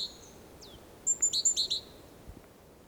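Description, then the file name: Great tit calls: a quick run of about six short, sharp high notes, each paired in two bands, preceded by one thin descending slur; faint background hiss. "Parus major"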